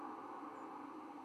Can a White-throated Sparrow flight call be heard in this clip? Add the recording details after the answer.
yes. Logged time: 02:58 on 10 November 2014